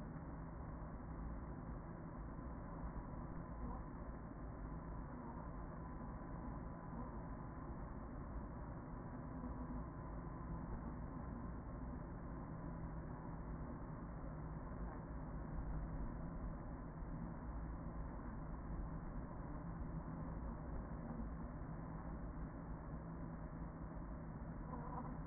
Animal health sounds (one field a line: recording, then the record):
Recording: honeybee colony, microphone inside the hive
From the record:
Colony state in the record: queen present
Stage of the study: after two queens were removed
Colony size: about 40,000 bees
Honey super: no